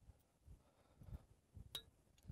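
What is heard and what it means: A beaver trap is set in the field with the pan side toward the trigger, with soft low thumps and handling noise throughout. The trigger latches with a sharp, bright click at 1.8 s, and the trap is set and ready to go.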